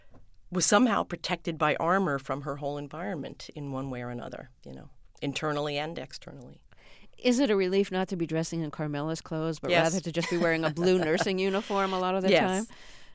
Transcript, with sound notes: was somehow protected by armor from her whole environment in one way or another, you know, internally and externally.
Is it a relief not to be dressing in Carmela's clothes but rather...
Yes (laughter).
...To just be wearing a blue nursing uniform a lot of the time?